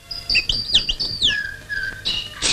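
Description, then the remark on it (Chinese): Birds chirp in a tree on Fengxian Ridge at daybreak while a resting scout teases them, with quick, high, sweeping notes, overlapping trills and one longer steady whistle, bright and fairly loud against a low background rumble, with no talking. “天亮了，侦察小分队战士在凤仙岭上休息，侦察员唐虎正在逗着树上的鸟儿。”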